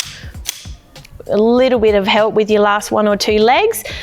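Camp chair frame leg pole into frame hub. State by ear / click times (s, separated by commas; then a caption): seated / 0.5 s. A shock-corded aluminium leg pole of a Helinox Chair One camp chair frame is slid into the frame hub and clicks into place at about 0.5 s, seating it. Someone talks through most of the clip.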